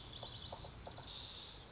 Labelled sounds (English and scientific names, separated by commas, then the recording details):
Pacific Wren (Troglodytes pacificus)
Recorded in Sonoma County, California